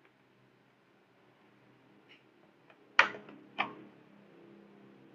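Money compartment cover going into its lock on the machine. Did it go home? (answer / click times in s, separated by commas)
yes / 3.0 s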